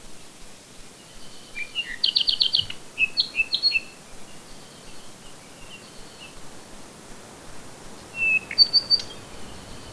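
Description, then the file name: Bird song: a run of rapid buzzy chirps, then short whistled notes, with a few high calls near the end. "manu birdsongs"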